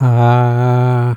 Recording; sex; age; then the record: sustained vowel /a/; male; 60 to 69 years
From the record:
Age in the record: 64 years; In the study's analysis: included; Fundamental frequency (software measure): 126 Hz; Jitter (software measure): 0.28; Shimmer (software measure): 0.90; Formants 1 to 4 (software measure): 755 Hz, 1364 Hz, 2339 Hz, 3247 Hz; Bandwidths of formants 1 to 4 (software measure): 150 Hz, 120 Hz, 163 Hz, 216 Hz